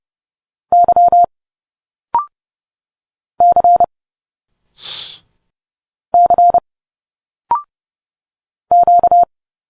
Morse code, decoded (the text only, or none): Y C C Q